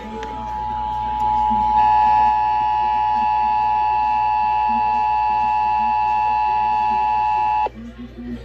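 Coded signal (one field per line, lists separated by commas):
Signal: Emergency Alert System (SAME) tones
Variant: 853 and 960 Hz attention tone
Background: speech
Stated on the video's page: Texas Required Monthly Test EAS alert.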